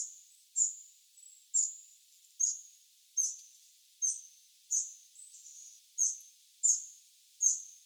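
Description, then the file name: Eurasian wren giving a run of about ten high, sharp 'tek' calls, closely and somewhat unevenly spaced, over a faint hiss. "Troglodytes troglodytes"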